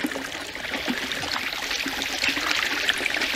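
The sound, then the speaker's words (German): A clear spring in the middle of a desert splashes and burbles steadily like a small fountain, a continuous bright trickling with no pauses and no voices. “mitten in der Wüste bei einer klaren Quelle, die wie ein kleiner Springbrunnen plätscherte.”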